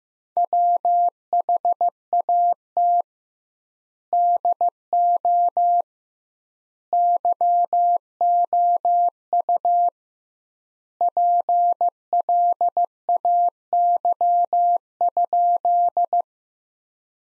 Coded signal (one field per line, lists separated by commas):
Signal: Morse code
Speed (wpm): 15 wpm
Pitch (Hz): 700 Hz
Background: none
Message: WHAT DO YOU PLAY?